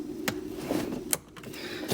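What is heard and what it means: A thumb pushes the red locking clip on the plastic wiring connector plugged into the blower motor resistor of a 2002 Jeep Liberty, and sharp clicks ring out at 0.3 s and 1.1 s over a low steady hum. The clip snaps home and the connector is locked in place.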